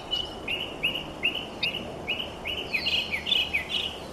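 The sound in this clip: Mockingbird song of quick, rising chirps repeated in a steady series, shifting near the end into a denser, more varied burst of notes.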